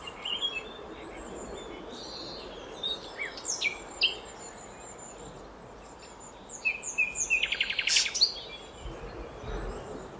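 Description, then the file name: Common nightingale: softer bird song of scattered high whistles and slurs, building to a brief dense rattling trill near the end, against steady low background noise. "Luscinia megarhynchos"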